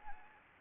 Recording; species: mosquito wingbeat signal from an infrared sensor; Anopheles gambiae